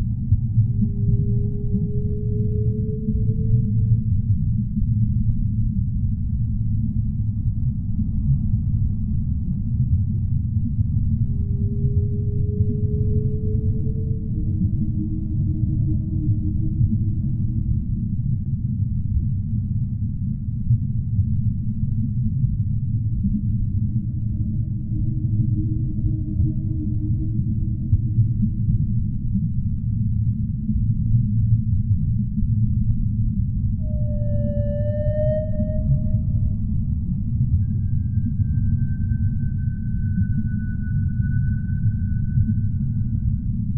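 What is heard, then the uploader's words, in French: Underwater ambience with whales: a steady, dense low rumble fills the whole recording while whale calls rise and fall over it. Short tonal moans come every ten seconds or so, with a stronger, brighter call near 34 seconds and a long thin whistle afterward. Ambiance sous-marine avec baleines.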